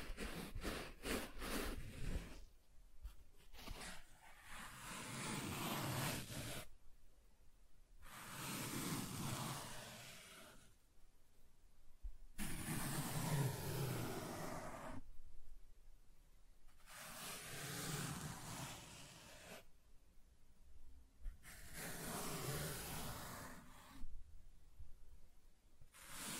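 Soft tracing strokes drawn across a surface, each a hushed, grainy rubbing lasting a couple of seconds, separated by brief silences. The strokes repeat fairly regularly, about six in all, some swelling rougher and fuller than others, with a few quick scratchy strokes at the very start.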